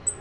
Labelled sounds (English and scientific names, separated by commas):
Black-throated Green Warbler (Setophaga virens) flight call